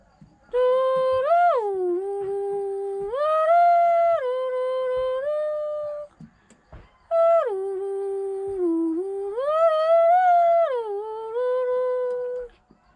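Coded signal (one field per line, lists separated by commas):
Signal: whistled language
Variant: Khasi Jingrwai Lawbei name tune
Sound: a hummed, voice-like melodic phrase of rising and falling pitches, sung twice with a pause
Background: small room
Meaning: The person's name, Feeding Star, called as a tune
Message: Feeding Star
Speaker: His name Feeding Star is the first. Feeding Star. Yeah. Oh, nice.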